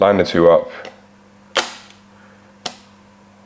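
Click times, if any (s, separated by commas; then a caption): 2.7 s. Someone talks, then lines up the two marks and pushes a removable battery pack into the body of a Babyliss Black FX One hair clipper. After a sharp sound at about 1.6 s, a loud, crisp click comes at 2.7 s as the pack seats into place, and it is confirmed in.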